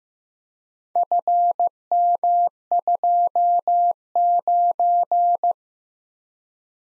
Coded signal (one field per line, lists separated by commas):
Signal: Morse code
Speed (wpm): 15 wpm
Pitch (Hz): 700 Hz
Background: none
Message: FM29